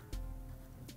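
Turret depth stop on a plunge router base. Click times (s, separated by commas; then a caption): 0.1 s, 0.9 s. The turret depth stop on a plunge router base is rotated to the next stop position and clicks into its detent with a soft but audible click at 0.1 s. A second soft click follows at 0.9 s over a faint, steady tonal background. The depth stop is seated at the next setting.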